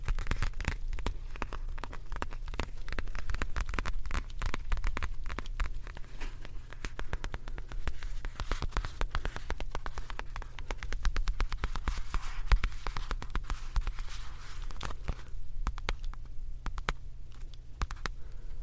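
Makeup puff and pouch sounds: dense, irregular crackly taps and rustles fill all nineteen seconds without a break. A low steady hum runs underneath, one sharper click stands out near the twelve-second mark, and the busy rustling thins slightly toward the end.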